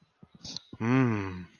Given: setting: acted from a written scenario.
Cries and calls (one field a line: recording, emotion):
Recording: vocal sound without words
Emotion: desire